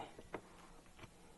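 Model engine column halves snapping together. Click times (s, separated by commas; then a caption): 0.4 s. Two plastic/metal engine column halves from a Hachette Titanic engine model kit are snapped together, giving a sharp click at 0.4 s among a few softer taps. The halves join, but one sits somewhat loose and will probably need glue.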